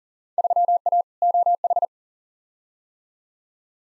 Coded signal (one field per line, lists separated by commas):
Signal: Morse code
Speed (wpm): 40 wpm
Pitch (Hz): 700 Hz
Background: none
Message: 3A OH